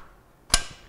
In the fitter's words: and our locking tab at the top there will click in place and lock in place